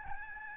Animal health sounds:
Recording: mosquito wingbeat signal from an infrared sensor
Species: Aedes albopictus

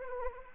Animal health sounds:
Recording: mosquito wingbeat signal from an infrared sensor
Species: Anopheles arabiensis

